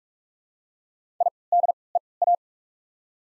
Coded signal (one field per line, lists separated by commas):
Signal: Morse code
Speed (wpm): 44 wpm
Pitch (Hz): 700 Hz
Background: none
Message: I D E A